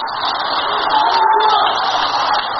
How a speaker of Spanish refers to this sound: Denle un aplauso. Denle un aplauso al Señor Jesucristo.